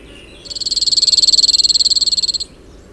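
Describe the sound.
Cirl bunting song: one dry, fast, even rattling trill of identical high notes lasting about two seconds, with faint low background noise.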